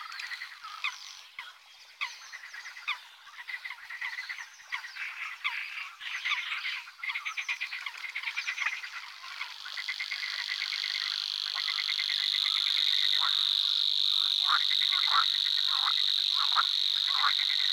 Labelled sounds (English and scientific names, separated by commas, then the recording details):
Savi's Warbler (Locustella luscinioides) song
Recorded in the wild
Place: Nagyivan / Hortobagy, HU
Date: 1988-05-20
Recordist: Schwarz, Dieter
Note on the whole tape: Song